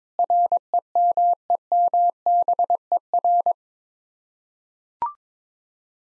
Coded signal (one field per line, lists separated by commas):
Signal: Morse code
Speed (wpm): 22 wpm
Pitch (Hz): 700 Hz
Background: none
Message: REMEMBER